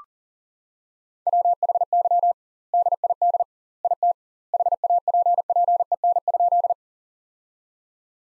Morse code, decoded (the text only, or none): WHY DID IT HAPPEN?